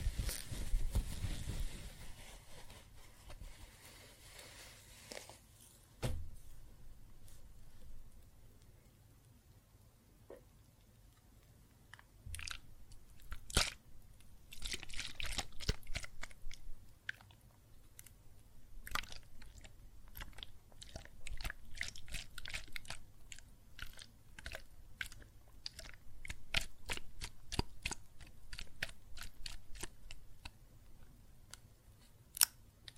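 Water and soap foam make a wet, crackling fizz of tiny pops and clicks, sparse at first and growing busier after about 12 seconds. The opening seconds carry a louder rush with a low rumble, then a quiet stretch before the bubbling crackle fills in.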